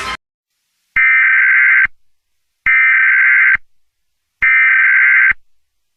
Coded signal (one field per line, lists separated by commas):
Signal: Emergency Alert System (SAME) tones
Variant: header bursts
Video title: EAS Scenario #11: Fireworks Disaster (July 4th Special)